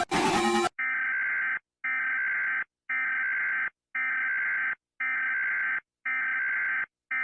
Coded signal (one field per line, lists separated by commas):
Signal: Emergency Alert System (SAME) tones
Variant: header bursts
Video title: ￼Rating EAS Alarms S2 Part 3: The Long Boi